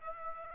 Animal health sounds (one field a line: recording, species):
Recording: mosquito wingbeat signal from an infrared sensor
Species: Aedes aegypti